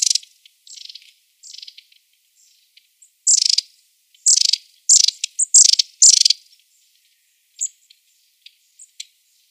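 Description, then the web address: Long-tailed tit calls: dry, buzzy churring rattles in short bursts, with thin high 'tsee' notes scattered between, irregular and clustered midway. "Schulze Peter Long-tailed Tit"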